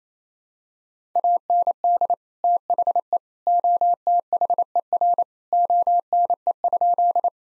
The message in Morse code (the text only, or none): AND THE OTHER ONE?